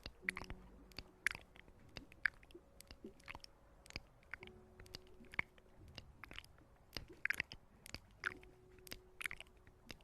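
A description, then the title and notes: An ear massage made of sharp, crackly taps and soft squishy rubs, arriving irregularly several times a second and sounding a bit like chewing. A faint low hum fades in and out beneath the clicks throughout. TimASMR - Ear Massage for Sleep and Tingling.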